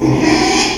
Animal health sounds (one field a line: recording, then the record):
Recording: squeal of a Yucatan mini pig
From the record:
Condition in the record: after surgery on the right vocal fold (resection and tissue-engineered implant)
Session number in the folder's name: 2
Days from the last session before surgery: 13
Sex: male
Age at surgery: 12 weeks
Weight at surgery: 13 kg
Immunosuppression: cyclosporine, prednisolone